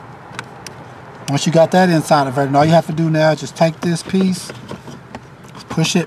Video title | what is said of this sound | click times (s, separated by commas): Chevy Traverse; Buick Enclave, GMC Acadia 2009 -2017 Power Window Switch Replacement! | you just want to plug it you'll hear a snap | 0.4 s